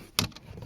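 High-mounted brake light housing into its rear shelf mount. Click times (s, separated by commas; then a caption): 0.2 s. On a Mercedes-Benz W202 C280, the third (high-mounted) brake light housing is pushed into its rear shelf mount until its plastic slide locks. A sharp click at 0.2 s is followed by two faint ticks, and the housing sits locked in place without moving.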